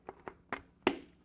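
The other side of a helmet visor is pressed into its side slot on the helmet. Three light taps come at about 0.1, 0.3 and 0.5 s, then a sharp, bright pop at 0.9 s as the visor snaps in. The visor is seated.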